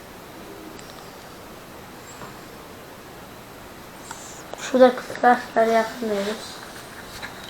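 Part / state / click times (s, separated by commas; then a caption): dash camera into its mounting bracket / not seated / none. A dash camera is handled against its mounting bracket while someone talks, with a couple of brief sharp taps around 4.1 s and 4.5 s. The clip ends before the camera goes home, so nothing has seated or clicked yet.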